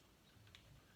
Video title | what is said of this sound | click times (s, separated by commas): How to Switch from Trimmer Line to Grass Blade on a Husqvarna 525RX | until it locks in place. | 0.6 s